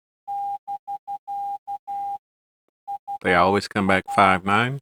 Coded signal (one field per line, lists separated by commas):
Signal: Morse code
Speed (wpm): 12 wpm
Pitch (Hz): 800 Hz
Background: speech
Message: <BK> UR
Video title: morsewalker.com walkthrough.